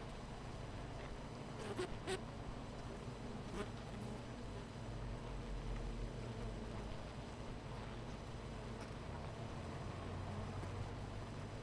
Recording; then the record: honeybee colony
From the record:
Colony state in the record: missing queen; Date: 14 July 2017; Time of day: 9:17